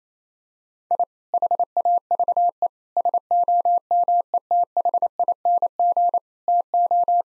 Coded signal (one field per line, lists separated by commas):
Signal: Morse code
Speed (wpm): 27 wpm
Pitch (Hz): 700 Hz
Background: none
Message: I HAVE SOMETHING TO